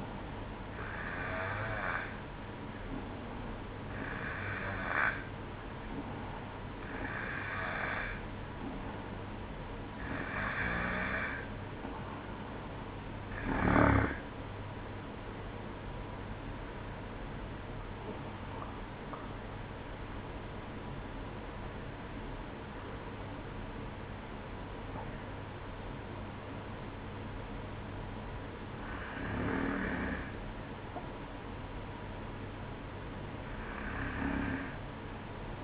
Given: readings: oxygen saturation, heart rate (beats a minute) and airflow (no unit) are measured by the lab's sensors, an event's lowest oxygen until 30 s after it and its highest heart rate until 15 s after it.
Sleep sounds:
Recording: breathing in sleep by a voice recorder at the bedside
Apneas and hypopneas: none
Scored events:
none scored
From the record:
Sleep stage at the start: N2 (light sleep)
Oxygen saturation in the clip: 92 to 94%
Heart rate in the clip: 59 to 68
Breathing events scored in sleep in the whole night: 305 in 9.6 hours asleep

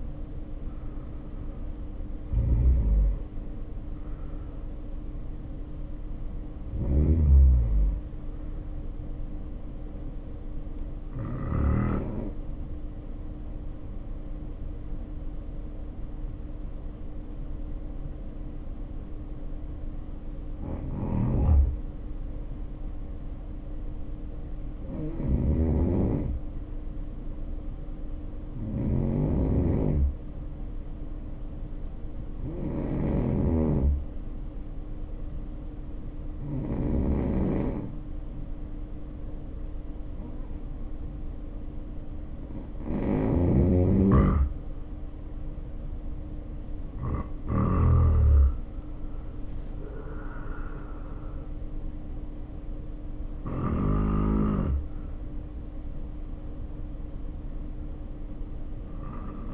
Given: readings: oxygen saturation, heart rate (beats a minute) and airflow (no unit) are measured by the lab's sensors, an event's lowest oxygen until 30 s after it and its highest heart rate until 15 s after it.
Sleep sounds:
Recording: breathing in sleep by a smartphone at the bedside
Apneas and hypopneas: 1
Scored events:
5.00-46.80 s: hypopnea (N1, oxygen 95% highest, then 86% lowest, heart rate 70 at the start, 70 highest)
24.00-54.00 s: new sleep stage, N2 (light sleep)
54.00-59.54 s: new sleep stage, N1 (lightest sleep)
From the record:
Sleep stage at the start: N1 (lightest sleep)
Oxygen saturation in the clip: 75 to 95%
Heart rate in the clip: 50 to 70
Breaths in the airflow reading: 14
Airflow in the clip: -2.2 to 2.4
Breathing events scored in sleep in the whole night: 520 in 7.2 hours asleep

